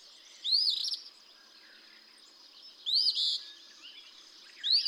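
Eastern Phoebe song phrases, raspy and buzzy with a quick upward sweep, about every two and a half seconds.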